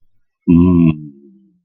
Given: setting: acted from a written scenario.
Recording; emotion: vocal sound without words; desire